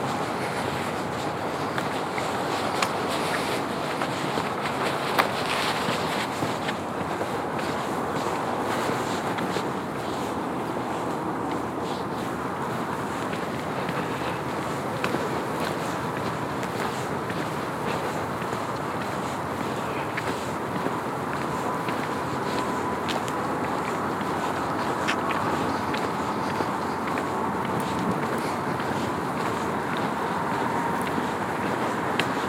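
A steady outdoor hush along a snowy trail, with soft footsteps, a faint passing car, and light wind holding an even level throughout.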